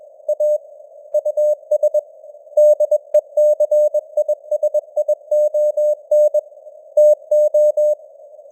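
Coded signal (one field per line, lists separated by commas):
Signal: Morse code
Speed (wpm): 21 wpm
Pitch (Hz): 600 Hz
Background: none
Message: A US DECISION TO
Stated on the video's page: Simulated radio news headlines in Morse code at 21 wpm, with simulated noise and varying signal strength (QSB).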